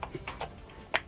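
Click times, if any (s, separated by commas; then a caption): none. A detachable box magazine is tilted back and pushed into a tight, stiff magazine well on a bolt-action rifle, giving a few light knocks and scrapes and a sharp tap near 1.0 s. The magazine looks seated but has not clicked or latched into place yet; it needs a hard push down to lock in.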